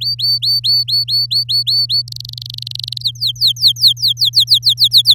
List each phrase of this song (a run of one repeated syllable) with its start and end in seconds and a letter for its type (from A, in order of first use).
0.01-2.02 A, 2.08-3.03 B, 3.04-5.14 C